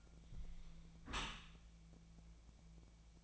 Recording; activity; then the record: daily activity, microphone in the room; close dishwasher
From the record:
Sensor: 1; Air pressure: 1000.5 hPa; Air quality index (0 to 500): 182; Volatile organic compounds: 4 ppm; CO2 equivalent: 1672 ppm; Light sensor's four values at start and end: 10/25/10/12 and 10/25/10/12